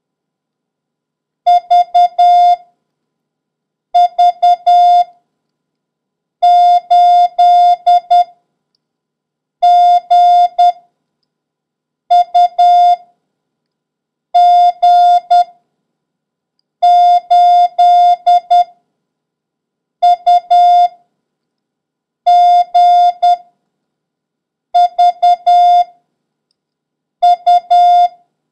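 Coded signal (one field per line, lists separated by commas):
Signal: Morse code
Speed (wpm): 10 wpm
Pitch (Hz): 710 Hz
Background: none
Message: VV8GUG8UGVU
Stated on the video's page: Morse lesson covering the letters H, B, F and number 9.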